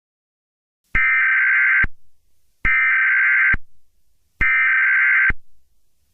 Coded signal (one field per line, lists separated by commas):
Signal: Emergency Alert System (SAME) tones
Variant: header bursts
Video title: eas scenario 01 (part 1)